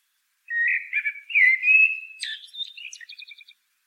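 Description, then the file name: Common blackbird song: a fluted, whistled warble of low mellow phrases, ending in a thin twittering run of high repeated notes. "Turdus merula"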